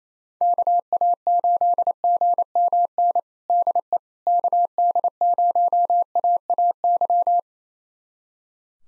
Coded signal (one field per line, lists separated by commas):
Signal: Morse code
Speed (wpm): 28 wpm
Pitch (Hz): 700 Hz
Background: none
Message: KA8GMN DE KD0AAY